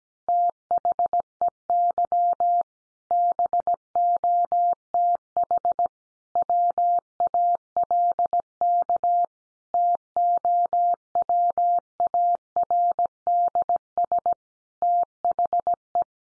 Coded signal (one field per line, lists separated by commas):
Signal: Morse code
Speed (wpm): 17 wpm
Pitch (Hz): 700 Hz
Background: none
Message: THEY BOTH WALK TOWARDS THE